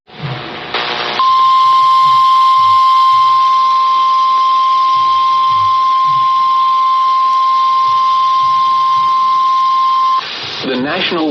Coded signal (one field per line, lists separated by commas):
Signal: Emergency Alert System (SAME) tones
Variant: 1050 Hz attention tone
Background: speech